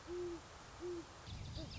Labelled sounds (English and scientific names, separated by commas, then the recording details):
Great Horned Owl (Bubo virginianus)
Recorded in Sonoma County, California